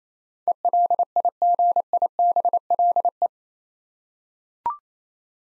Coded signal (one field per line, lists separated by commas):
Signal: Morse code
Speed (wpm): 28 wpm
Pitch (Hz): 700 Hz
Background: none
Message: ELIGIBLE